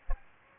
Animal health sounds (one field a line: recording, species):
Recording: mosquito wingbeat signal from an infrared sensor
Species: Aedes aegypti